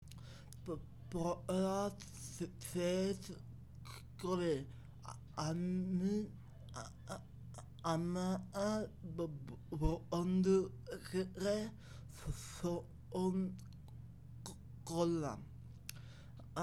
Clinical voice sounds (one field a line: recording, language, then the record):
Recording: elicited speech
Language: Bengali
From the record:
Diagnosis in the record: Broca's or global aphasia after a stroke